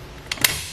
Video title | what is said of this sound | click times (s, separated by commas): etrailer - Thule Hitch Bike Racks Review - 2019 Chevrolet Silverado 1500 | you're done just lift it back up snaps into place letting you know it's nice and sturdy | 0.5 s